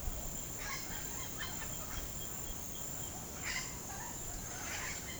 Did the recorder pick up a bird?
yes